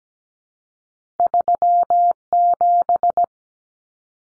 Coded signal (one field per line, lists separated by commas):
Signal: Morse code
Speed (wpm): 17 wpm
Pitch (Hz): 700 Hz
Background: none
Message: 37